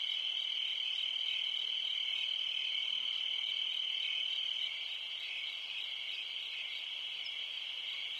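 Cricket trill, high and steady, with a pure ringing tone in the first half that drops away, leaving a slightly softer, rougher trill afterward.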